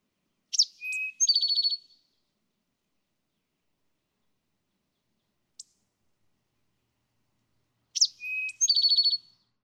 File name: Eastern Towhee